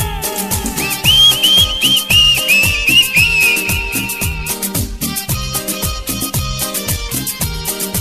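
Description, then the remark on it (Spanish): People whistle a high, wavering melody along with loud, rhythmic band music with a steady thumping beat, carrying for a few seconds before fading out while the band keeps playing. “Los que saben silbar como el diablo mis con huevos, ahora conmigo, dice.”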